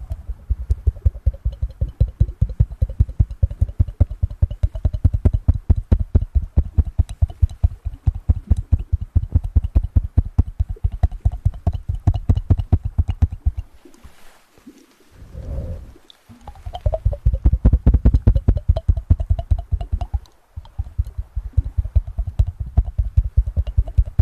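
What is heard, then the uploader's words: Ear massage and mouth sounds form a dense, rapid run of soft clicks and taps, steady and regular for most of the stretch. Around fifteen seconds the tapping stops briefly and a low, smooth rubbing swells in before the rapid clicking resumes. Intense Ear Massage & Mouth Sounds.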